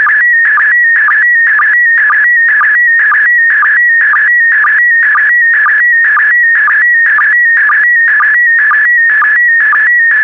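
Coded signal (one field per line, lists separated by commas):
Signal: SSTV (slow-scan television)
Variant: PD120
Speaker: complete. You can now check your decoded image against the picture that is shown on the video.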